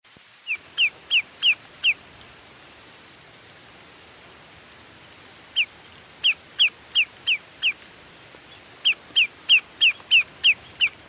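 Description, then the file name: Lesser yellowlegs giving bright downslurred whistled notes in three quick bursts of five to seven, separated by pauses of about one to four seconds. "lesser yellowlegs by jeremy minns"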